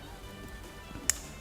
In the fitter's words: sure you can hear it on the camera it clicks in real nice if you get a pin that does not click in like that redo